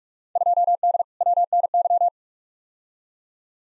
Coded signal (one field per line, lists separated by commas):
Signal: Morse code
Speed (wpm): 46 wpm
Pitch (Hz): 700 Hz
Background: none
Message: 2D WNY